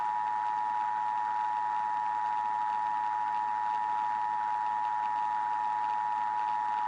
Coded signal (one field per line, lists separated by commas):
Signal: Emergency Alert System (SAME) tones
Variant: 853 and 960 Hz attention tone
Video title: EAS Scenario - Fall of the USA: REMASTERED